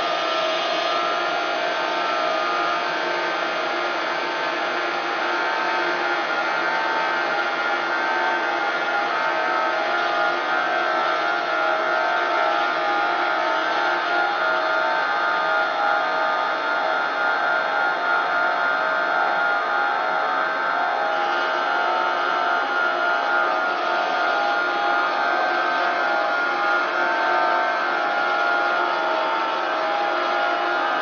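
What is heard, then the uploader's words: A tone generator produces a dense, steady stack of sustained tones, buzzing and bright, holding constant for the whole half-minute with a slight shift near twenty-one seconds. Tone gen.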